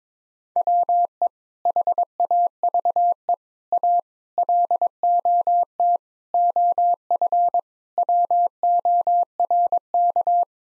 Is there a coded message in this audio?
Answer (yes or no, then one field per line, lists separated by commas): yes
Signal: Morse code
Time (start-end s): 0.6-10.4 s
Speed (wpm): 22 wpm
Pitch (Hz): 700 Hz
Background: none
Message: WE HAVE A LOT OF WORK